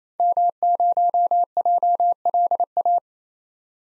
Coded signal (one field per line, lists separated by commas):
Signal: Morse code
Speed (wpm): 28 wpm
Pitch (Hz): 700 Hz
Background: none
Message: M0JLA